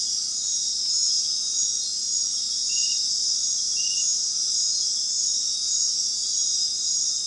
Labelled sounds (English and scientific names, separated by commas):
none